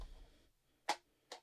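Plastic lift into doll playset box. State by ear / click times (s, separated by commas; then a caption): seated / 0.9 s. A plastic doll lift on a Monster High Garden Mysteries Twyla doll playset box is pushed back down until it snaps into place, so it doesn't keep sliding out. A sharp latch click sounds at 0.9 s, followed by a second, quieter click at 1.3 s, after a soft low rumble at the start. The lift is seated.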